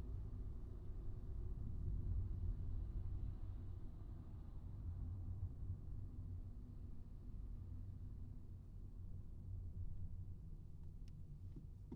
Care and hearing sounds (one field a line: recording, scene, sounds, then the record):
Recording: everyday scene through a hearing-aid microphone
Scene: in a vehicle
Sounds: engine, highway traffic jam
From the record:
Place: Skoda Fabia, gasoline engine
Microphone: in the ear canal, right